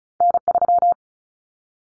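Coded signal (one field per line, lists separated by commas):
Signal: Morse code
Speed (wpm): 34 wpm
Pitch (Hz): 700 Hz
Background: none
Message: N3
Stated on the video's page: Morse code drill at 35 wpm of callsign prefixes for the top 25 DXCC entities, each prefix sent three times, then spoken, then sent again, for head-copy practice.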